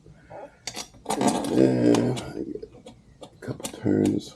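On a Kawasaki Vulcan 2000 motorcycle, the air filter element is pressed into the air filter housing after checking that the filter edges sit inside the gasket. The air filter cover clip snaps home with a sharp hit at 0.7 s, and the filter is seated. Someone talks throughout, and a few softer knocks follow later.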